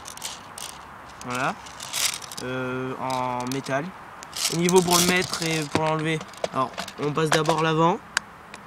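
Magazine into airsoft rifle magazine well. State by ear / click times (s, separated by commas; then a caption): not seated / none. A metal magazine for an airsoft AK replica is being handled at the rifle's magazine well: it gets hooked in at the front, and the rear is about to be pushed up to clip it in. Someone talks throughout, with a few faint handling ticks near the start and end. Nothing has seated or clicked yet.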